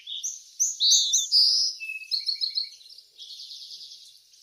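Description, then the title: Birdsong, bright whistled notes and quick chirps, followed by a soft buzzy trill. Backyard bird sounds. "Backyard Birds - Ambient Nature Bird Sounds"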